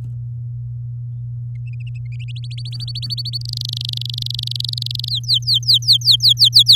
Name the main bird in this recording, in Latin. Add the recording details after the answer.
Serinus canaria. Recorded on 8 May 2018 at 12:08. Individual llb16